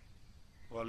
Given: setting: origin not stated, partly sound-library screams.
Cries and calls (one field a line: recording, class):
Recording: one-second piece from a danger detection set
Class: normal situation